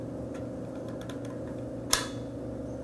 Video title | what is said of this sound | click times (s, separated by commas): ch1 replacing cylinder non on a firefighter | place the full cylinder in the unit's backpack and lock into place | 1.9 s